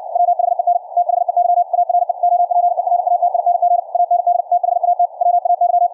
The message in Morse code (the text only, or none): WHEN THEY ARE OPERATING AND THAT WAY